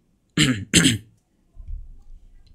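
Two quick, harsh bursts of coughing and throat clearing from a person reading a story aloud, one right after the other, followed by a low, soft rumble of breath or throat noise.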